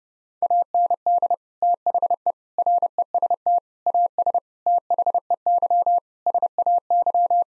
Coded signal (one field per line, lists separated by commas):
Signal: Morse code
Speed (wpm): 30 wpm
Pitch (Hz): 700 Hz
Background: none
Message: AND THE REST AS THEY SAY